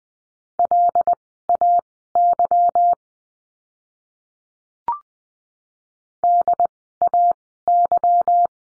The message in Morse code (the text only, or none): LAY DAY